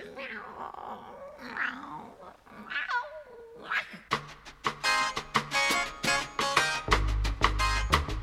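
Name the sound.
cat meowing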